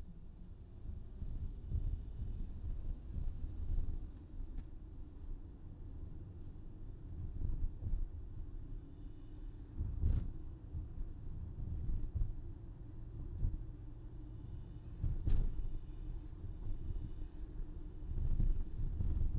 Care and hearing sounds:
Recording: everyday scene through a hearing-aid microphone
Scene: in a vehicle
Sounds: engine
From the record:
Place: VW T5 Caravelle, diesel engine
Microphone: in the ear canal, left

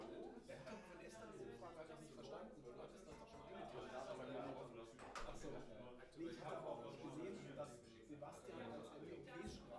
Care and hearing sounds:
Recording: everyday scene through a hearing-aid microphone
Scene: many people talking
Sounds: many voices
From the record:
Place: bistro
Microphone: behind the ear, right, front

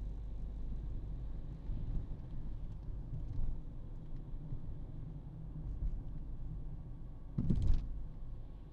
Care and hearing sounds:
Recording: everyday scene through a hearing-aid microphone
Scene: in a vehicle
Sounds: engine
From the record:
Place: Berlingo II, diesel engine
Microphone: in the ear canal, right

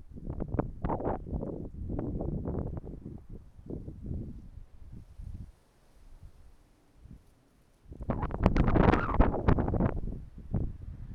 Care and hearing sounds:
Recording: everyday scene through a hearing-aid microphone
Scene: wind on the microphone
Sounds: wind, traffic, birds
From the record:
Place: suburban garden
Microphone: behind the ear, right, rear

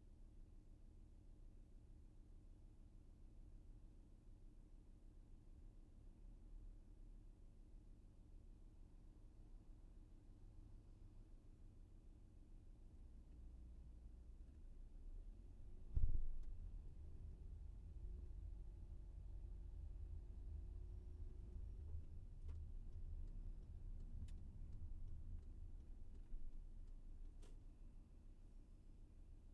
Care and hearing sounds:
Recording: everyday scene through a hearing-aid microphone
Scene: in a vehicle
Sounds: engine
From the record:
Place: VW T5 Caravelle, diesel engine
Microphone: behind the ear, left, rear

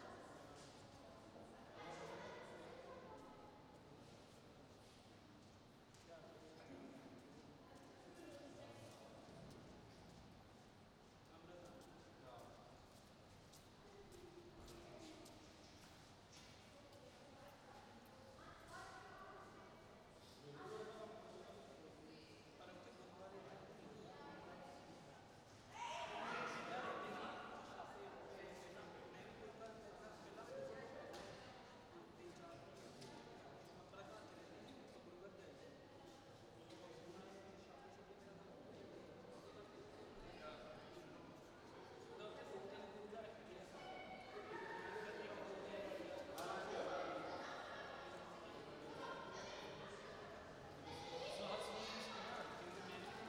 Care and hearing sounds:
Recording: everyday scene through a hearing-aid microphone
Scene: reverberant space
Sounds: background noise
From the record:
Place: railway station hall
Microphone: in the ear canal, right

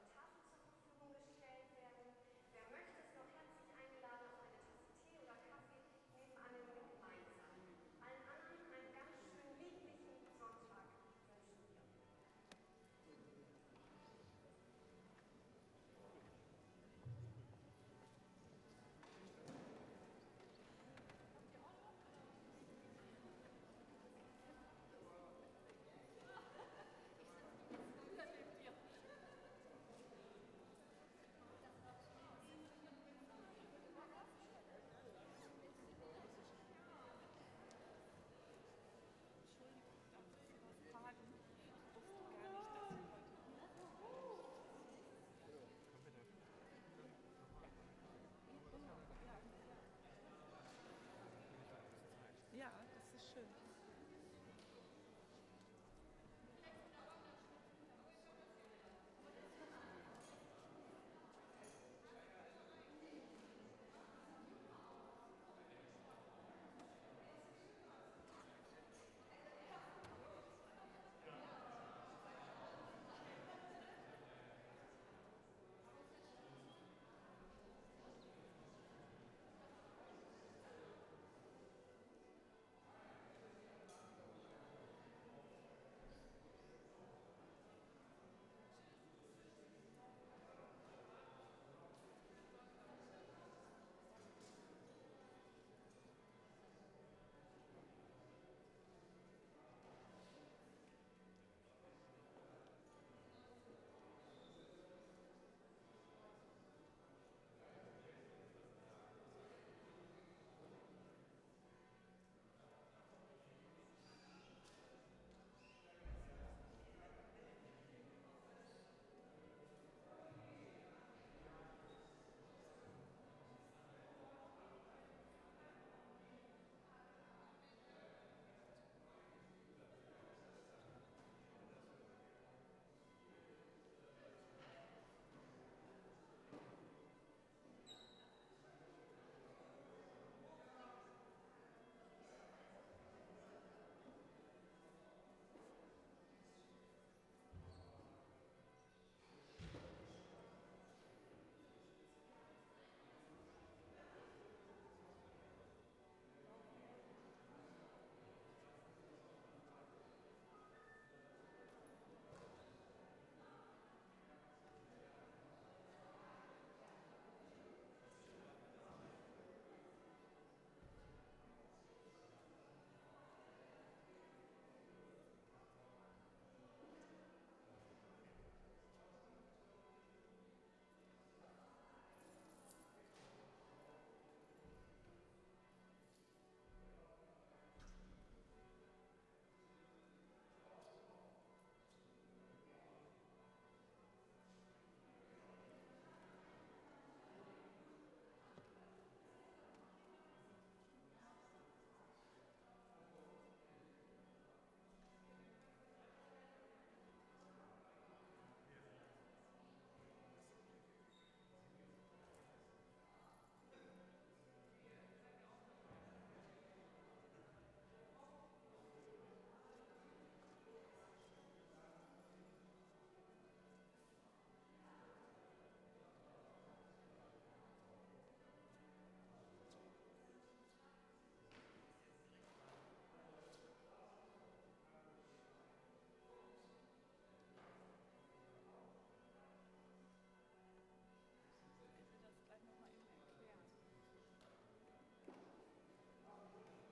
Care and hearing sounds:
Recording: everyday scene through a hearing-aid microphone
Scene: reverberant space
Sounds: bell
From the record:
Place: church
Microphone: behind the ear, right, rear

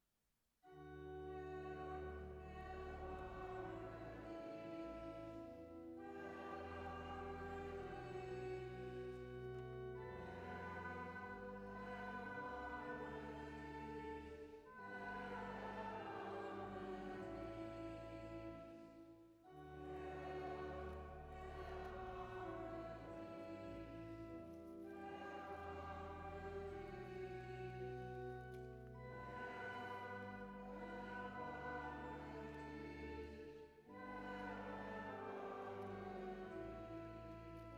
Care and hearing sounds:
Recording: everyday scene through a hearing-aid microphone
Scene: reverberant space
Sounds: music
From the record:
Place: church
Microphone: behind the ear, right, front

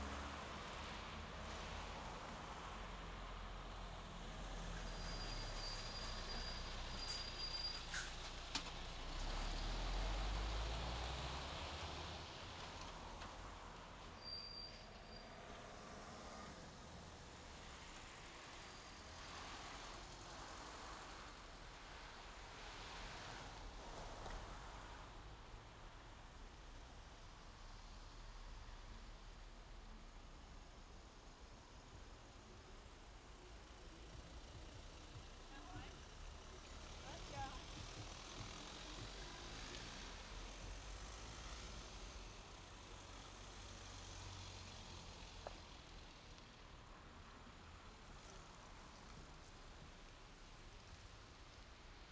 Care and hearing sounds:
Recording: everyday scene through a hearing-aid microphone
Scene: in traffic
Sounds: traffic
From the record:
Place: main road on the outskirts, rush hour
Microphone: in the ear canal, left

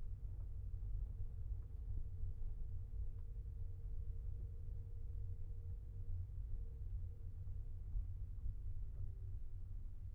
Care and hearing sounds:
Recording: everyday scene through a hearing-aid microphone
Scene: in a vehicle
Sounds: engine, rumble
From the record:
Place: Skoda Fabia, gasoline engine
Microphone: behind the ear, left, front

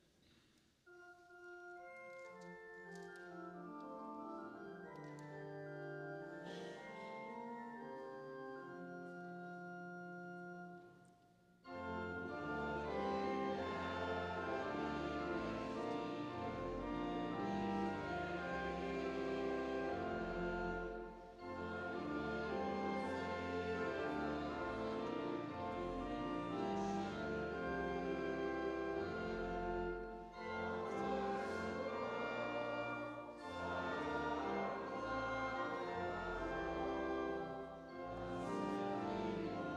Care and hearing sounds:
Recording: everyday scene through a hearing-aid microphone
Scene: reverberant space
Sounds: music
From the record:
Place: church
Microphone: in the ear canal, right

